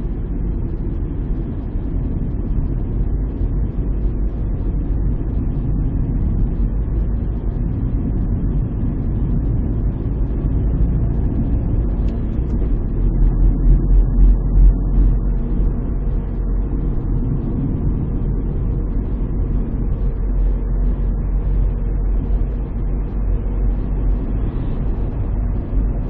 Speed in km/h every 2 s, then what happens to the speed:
37, 39, 39, 41, 42, 45, 48, 50, 49, 49, 50, 52, 55.
0-14 speeds up to 50. 14-26 steady at about 50.